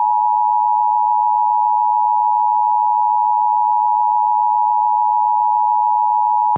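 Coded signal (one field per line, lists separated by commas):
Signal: Emergency Alert System (SAME) tones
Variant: 853 and 960 Hz attention tone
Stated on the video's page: North Carolina Required Monthly Test relayed by an FM radio station, captured live.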